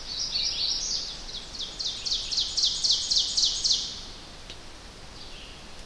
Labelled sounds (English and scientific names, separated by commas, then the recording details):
Ovenbird (Seiurus aurocapilla) song
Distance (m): 30 m
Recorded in boreal forest in Alberta, Canada, on 10 June 2016 at 07:01
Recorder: SongMeter 3, array SBT-3-39
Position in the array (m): 232 m, 96 m
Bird 17